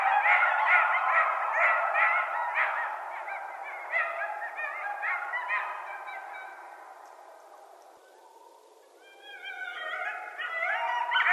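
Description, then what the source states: Coyotes in a group chorus of overlapping yips, barks and wavering howls, loud at first, fading midway, then rising again with higher quavering cries. Coyotes, more than one, recorded at night on 16 January 2012.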